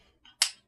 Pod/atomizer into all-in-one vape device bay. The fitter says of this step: just clicks right in